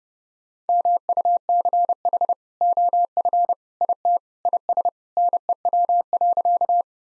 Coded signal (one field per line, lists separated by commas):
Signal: Morse code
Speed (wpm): 32 wpm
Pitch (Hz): 700 Hz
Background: none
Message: MUCH OF IT IS NEW.